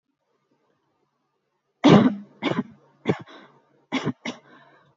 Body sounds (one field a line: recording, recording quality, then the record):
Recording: heavy voluntary cough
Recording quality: excellent, no background noise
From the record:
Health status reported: respiratory illness, not identified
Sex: female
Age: 22 years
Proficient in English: yes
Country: India